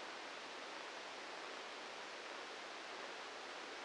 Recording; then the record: brain microelectrode recording played as sound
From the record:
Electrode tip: outside the subthalamic nucleus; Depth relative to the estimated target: 2 mm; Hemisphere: left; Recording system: NeuroSet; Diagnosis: Parkinson's disease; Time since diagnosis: 10 years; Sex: male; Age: 56 years